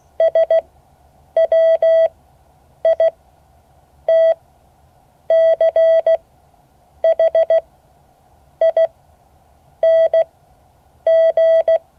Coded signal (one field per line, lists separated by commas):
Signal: Morse code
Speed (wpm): 16 wpm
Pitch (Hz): 650 Hz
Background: none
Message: SWITCHING